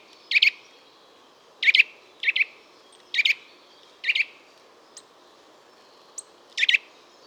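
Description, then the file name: Eurasian nuthatch calls: short, sharp, loud notes, often doubled, repeated about once a second in an irregular series over a quiet background hiss. "Sitta europaea"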